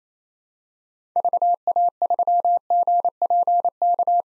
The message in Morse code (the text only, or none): VA3GPK